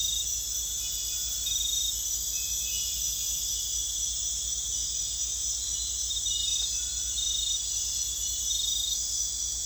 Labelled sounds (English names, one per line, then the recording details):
none
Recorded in dense forest near Puerto Asís, Putumayo, Colombia, on 21 December 2024 at 00:00
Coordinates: 0.486, -76.317
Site G003